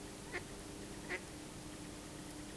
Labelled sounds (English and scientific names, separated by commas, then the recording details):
Mallard (Anas platyrhynchos)
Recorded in Germany
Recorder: ecoPi